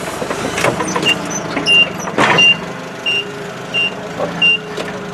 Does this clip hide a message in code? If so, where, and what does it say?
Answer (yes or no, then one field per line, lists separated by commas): no